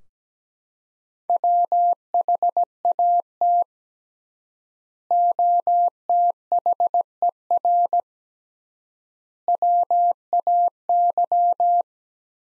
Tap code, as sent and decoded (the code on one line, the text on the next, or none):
none